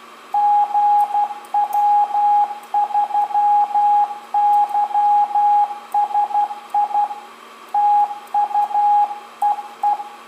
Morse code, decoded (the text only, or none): GW3YSI TU EE